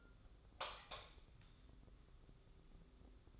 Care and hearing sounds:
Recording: daily activity, microphone in the room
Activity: light on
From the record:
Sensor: 3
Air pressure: 995.3 hPa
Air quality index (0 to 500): 81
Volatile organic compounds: 7 ppm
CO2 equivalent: 1949 ppm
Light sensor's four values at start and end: 9/21/9/8 and 12/30/12/12

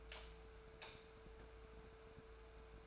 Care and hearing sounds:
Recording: daily activity, microphone in the room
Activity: light off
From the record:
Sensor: 2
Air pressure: 1014.5 hPa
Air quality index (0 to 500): 171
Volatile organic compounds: 11 ppm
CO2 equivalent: 2268 ppm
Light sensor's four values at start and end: 22/56/24/25 and 17/42/18/19

